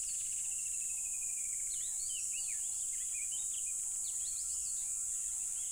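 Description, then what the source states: Crickets produce a loud unbroken high buzz, accompanied by quick bird chirps and a falling bird trill at the start. Loud crickets at a tropical river.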